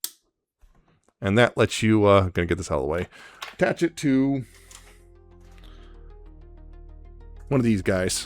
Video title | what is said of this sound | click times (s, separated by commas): Transformers Adamas Machina AM-T02 Predaking | which this which you do is you just you just put it over top like this and it clips on. You'll hear a audible click. | 0.0 s